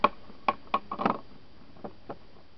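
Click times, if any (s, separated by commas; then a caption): 0.0 s, 0.5 s, 0.7 s. A deadbolt's bolt, bound or blocked short of full extension so it does not lock, is pushed back into the lock. Loud knocks land at 0.0, 0.5 and 0.7 seconds, followed by a cluster of softer knocks around 0.9 to 1.1 seconds and two faint taps near 1.9 and 2.1 seconds. The bolt is only partly extended and gets easily pushed back, so it does not hold.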